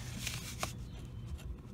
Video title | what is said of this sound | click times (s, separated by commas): Mercedes M112 v6.. M113 v8 EGR valve removal, test and clean | push it in and then rotate down like this and you'll hear the clip on the bottom engage um the throttle body you'll hear it snap in | 0.6 s